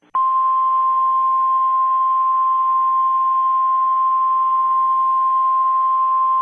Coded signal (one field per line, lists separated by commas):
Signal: Emergency Alert System (SAME) tones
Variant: 1050 Hz attention tone